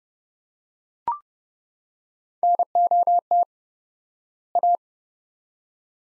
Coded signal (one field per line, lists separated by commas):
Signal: Morse code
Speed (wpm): 31 wpm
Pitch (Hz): 700 Hz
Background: none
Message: NOT A